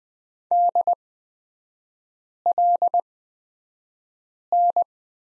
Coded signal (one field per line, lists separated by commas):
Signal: Morse code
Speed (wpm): 20 wpm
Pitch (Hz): 700 Hz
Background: none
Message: DLN